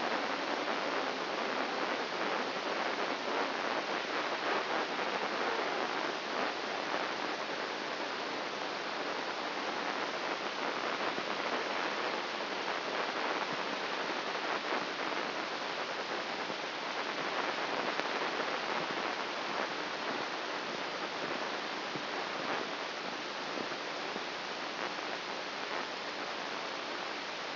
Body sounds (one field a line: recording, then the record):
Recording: brain microelectrode recording played as sound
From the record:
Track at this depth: outside the subthalamic nucleus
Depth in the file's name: 0.607 mm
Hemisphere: right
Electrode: 2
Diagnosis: Parkinson's disease